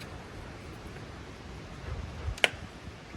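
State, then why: Seated. An ignition lead boot is pushed onto the cylinder 4 spark plug in the engine bay of a Renault Clio 172/182 with the F4R engine. After low, steady background noise and a faint tick just before, one sharp click sounds at 2.4 s as the boot snaps home. The boot is fully seated on the plug.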